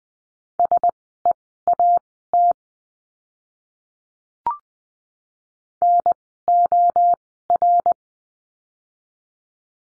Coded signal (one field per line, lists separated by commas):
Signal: Morse code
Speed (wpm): 20 wpm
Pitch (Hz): 700 Hz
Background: none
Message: SEAT NOR